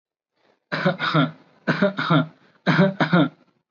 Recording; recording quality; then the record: shallow voluntary cough; excellent, no background noise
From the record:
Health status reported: recovered from COVID-19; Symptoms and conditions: none ticked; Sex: male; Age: 25 years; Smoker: not ticked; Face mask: not worn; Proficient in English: yes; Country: India